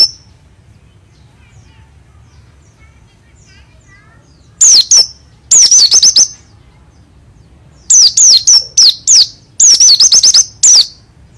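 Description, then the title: White-eye singing bursts of rapid, high, thin downslurred whistles in tight clusters after a quiet start, with short pauses between clusters. Dakun variety from East Java, a promising contest bird; singing prolifically in wild, rolling style (ngalas, ngerol, gacor). "burung pleci dakun jatim joss edan ngalas ngerol gacor calon juara(milik om doddy cikarang)"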